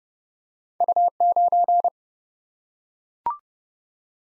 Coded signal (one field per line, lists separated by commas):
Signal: Morse code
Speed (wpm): 30 wpm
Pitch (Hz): 700 Hz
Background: none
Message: U9